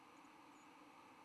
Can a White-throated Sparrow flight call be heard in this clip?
no